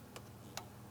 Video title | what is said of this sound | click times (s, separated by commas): How to Replace Front O2 Oxygen Sensor 2004-2008 Pontiac Grand Prix 3.8L V6 | Audible click from that. | 0.6 s